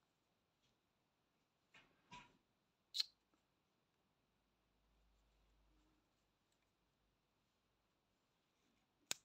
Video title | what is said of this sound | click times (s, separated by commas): Vidéo 5 LA TETE DU RENNE DE NOEL 🌲🎁⛄#amigurumiscrochet #amigurumiaction | Ça se clipse facilement. | 3.0 s, 9.1 s